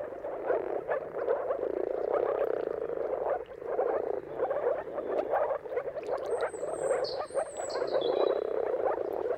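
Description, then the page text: Moor frogs gurgling in a thick continuous chorus, joined late by a high, falling whistle. Chorus of many moor frogs giving mating calls at sunrise, at the turn of March and April, timing depending on the weather; recorded by Jakub Orzecki. "Jakub-Orzecki moor frogs. Dawn’s Chorus: Mating Calls of Marsh Frogs at Sunrise. Depending on the weather at the turn of March and April, you can witness an amazing spectacle of moor frogs"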